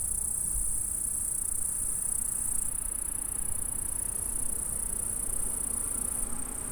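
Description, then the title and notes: Insects stridulating in a constant high hiss whose tone shifts slightly partway through, over faint low rumbling. Stridulations in a meadow at Saint-François-de-Sales, France; recorded with a Zoom H4 recorder at high resolution. "M3XG+CF Saint-François-de-Sales, France - insectes. Stridulations dans la prairie. Enregistreur ZoomH4"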